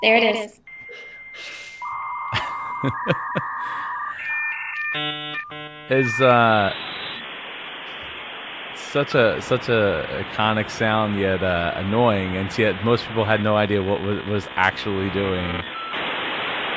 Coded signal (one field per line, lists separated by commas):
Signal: dial-up modem handshake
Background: speech